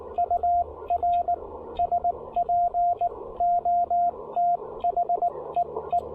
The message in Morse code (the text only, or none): UR SPOT HEE